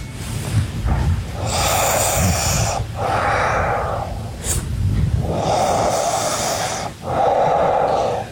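Slow, heavy, rasping breaths, about 15 a minute, from an adult woman during sleep: loud noisy airflow through the nose with the mouth closed, a Darth Vader-like sound, not snoring.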